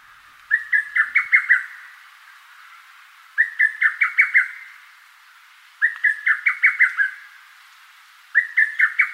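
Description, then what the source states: Lesser cuckoo song: loud, staccato phrases of about six quick notes, repeated roughly every two and a half seconds with quiet gaps between. Recorded in Rikugien garden, Tokyo, Japan.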